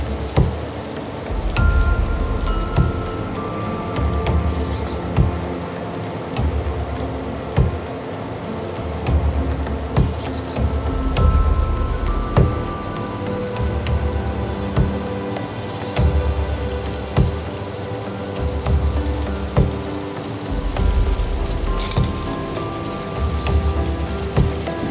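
Wind and weather on a mountain: a dense, low rumble of gusting wind swells and eases throughout, with a patter like rain hitting surfaces. Thin buzzing tones, like insects, drift in and out, and sharp taps sound now and then.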